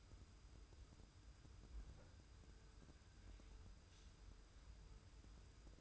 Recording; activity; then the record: daily activity, microphone in the room; wipe stove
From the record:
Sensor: 2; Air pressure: 990.3 hPa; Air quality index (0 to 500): 192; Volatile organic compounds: 1000 ppm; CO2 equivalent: 6112 ppm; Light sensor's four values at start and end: 33/79/32/32 and 33/79/32/32